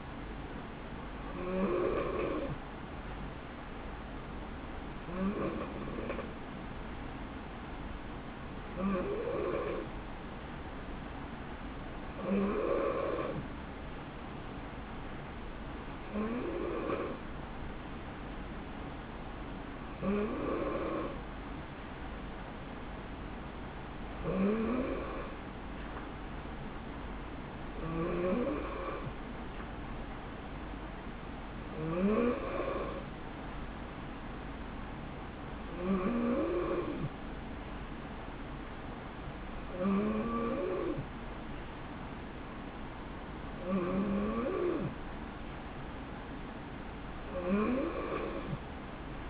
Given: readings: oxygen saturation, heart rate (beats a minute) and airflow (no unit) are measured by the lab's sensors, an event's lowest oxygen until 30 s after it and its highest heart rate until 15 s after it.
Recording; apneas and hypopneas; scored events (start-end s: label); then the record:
breathing in sleep by a voice recorder at the bedside; none
none scored
From the record:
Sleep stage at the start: N2 (light sleep); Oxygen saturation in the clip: 90 to 91%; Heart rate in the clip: 64 to 70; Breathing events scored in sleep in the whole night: 160 in 9.3 hours asleep